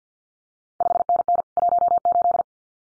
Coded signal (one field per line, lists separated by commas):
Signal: Morse code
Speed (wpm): 50 wpm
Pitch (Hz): 700 Hz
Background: none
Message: 5NN 18